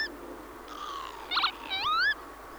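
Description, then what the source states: Northern Lapwing calling: a drawn-out wheezy note, a short buzzy burst, then a rising slurred whistle. Field recording from Sweden.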